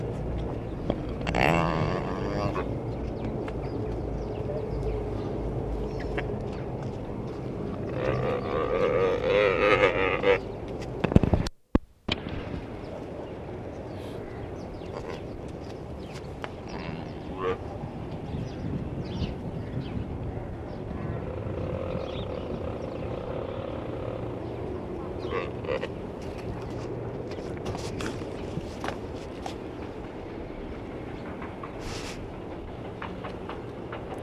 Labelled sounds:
Mule Deer call
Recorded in captivity
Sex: male
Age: adult
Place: Tierpark Berlin, Berlin, DE
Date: 1965-12-05 11:30
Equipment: Uher 4000 Report-S, Transistorverstärker II, Sennheiser MD 421
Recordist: Tembrock, Günter

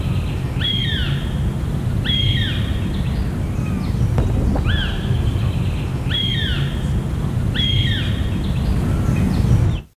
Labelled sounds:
Northern Goshawk call
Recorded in the wild
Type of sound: call
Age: immature
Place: Neustadt am Rübenberge, OT Schneeren, Mecklenburg-Vorpommern, DE
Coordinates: 52.5345, 9.3289
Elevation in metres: 66
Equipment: Halbspur, 9,5 cm/s
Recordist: Lütgens, Hans
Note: Flügges Junges

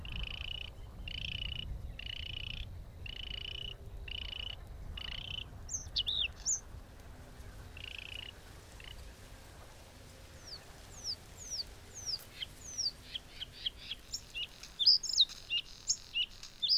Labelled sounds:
Bluethroat song
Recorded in the wild
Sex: male
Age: adult
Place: Gartz (Oder), Nationalpark Unteres Odertal, Brandenburg, DE
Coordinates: 53.1328, 14.3545
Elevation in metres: 1
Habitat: wetland
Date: 2016-04-19 20:48
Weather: clear, 8°C, changing wind
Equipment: Sound Devices 702, Sennheiser MKH 70, Rycote Windschutz
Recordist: Frommolt, Karl-Heinz

